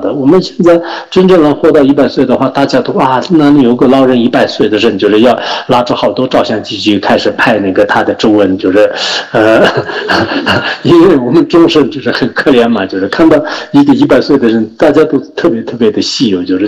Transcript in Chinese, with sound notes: 我们现在真正能活到100岁的话，大家都“啊，那里有个老人100岁的人”就是要拿出好多照相机，就开始拍那个他的皱纹。呵呵呵， （上师笑，众笑） 因为我们众生就是很可怜嘛，看到一个100岁的人，大家都特别特别的稀有。